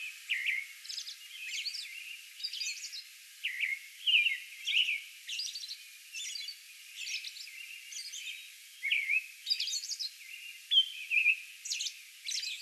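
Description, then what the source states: American robin song, short warbled phrases and thin high squeaky notes repeated irregularly over a light background hiss. Recorded May 11; a song bout.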